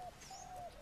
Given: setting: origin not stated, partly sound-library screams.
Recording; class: one-second piece from a danger detection set; normal situation